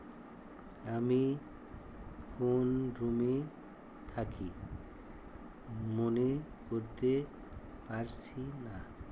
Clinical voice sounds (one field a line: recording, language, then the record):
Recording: elicited speech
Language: Bengali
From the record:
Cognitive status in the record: dementia